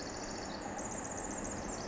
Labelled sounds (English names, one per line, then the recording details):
Pacific Wren
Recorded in Sonoma County, California